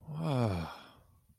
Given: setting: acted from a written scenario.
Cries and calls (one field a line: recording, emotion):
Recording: vocal sound without words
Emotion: awe